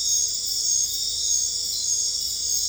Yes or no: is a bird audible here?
no